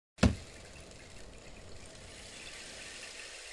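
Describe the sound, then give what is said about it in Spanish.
Water is poured into a glass in one steady stream, starting with a sharp splash and settling into a continuous, hissy, bubbling pour that lasts several seconds with no voices. “déjeme hacer la pausa mientras para que vaya a tomar un vasito de agua y refresca un poquito la garganta.”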